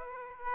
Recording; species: mosquito wingbeat signal from an infrared sensor; Aedes aegypti